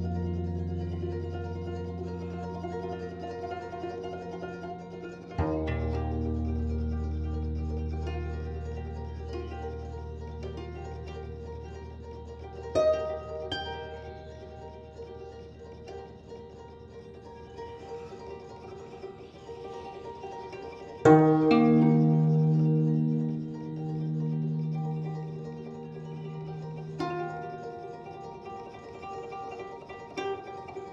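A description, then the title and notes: Solo guzheng playing with plucked notes that ring and slowly decay, leaving long sustained tones. Fresh strong plucks arrive around 5, 13, 21 and 27 seconds, with low notes prominent early and brighter, denser ringing after 21 seconds. Solo guzheng piece. In the early morning.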